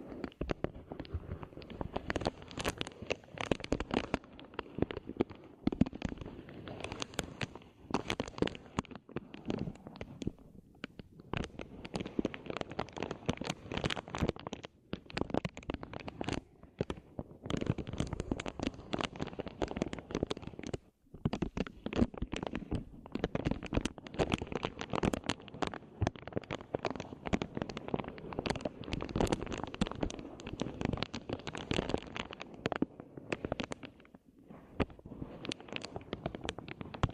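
Ear cleaning sounds: dense, crackling scratches and crinkles with quick taps, continuing without a break for the whole stretch. The rustling is busy and uneven, bright at the top with a soft low rumble underneath, and only brief near-silent gaps around 11 and 21 seconds.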